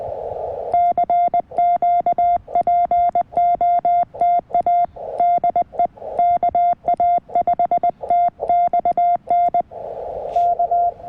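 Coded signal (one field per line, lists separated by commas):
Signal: Morse code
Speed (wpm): 20 wpm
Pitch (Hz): 700 Hz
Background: none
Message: CQ POTA DE KA5TXN K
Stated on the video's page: QRP CW Parks on the Air activation with a CFT1 CW-only transceiver, Packtenna random wire antenna and MFJ manual tuner.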